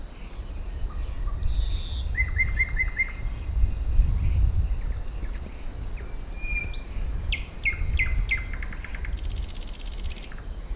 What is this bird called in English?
Thrush Nightingale